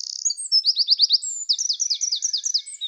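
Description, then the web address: Eurasian wren delivering a rapid, high, metallic song of fast repeated trilled notes, with one brief pause before a second equally fast rattling burst. "Troglodytes troglodytes"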